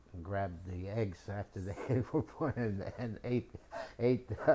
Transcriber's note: chuckles